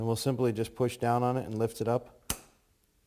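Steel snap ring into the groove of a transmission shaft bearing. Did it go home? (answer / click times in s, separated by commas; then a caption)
yes / 2.3 s. Someone talks while a spread steel snap ring inside a transmission rebuild is pushed down with a screwdriver through a slot. At 2.3 s a sharp metallic click rings out as the ring drops into the groove on the transmission shaft bearing and seats, followed by a faint tick at 2.8 s.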